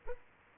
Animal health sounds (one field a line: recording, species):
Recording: mosquito wingbeat signal from an infrared sensor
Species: Culex quinquefasciatus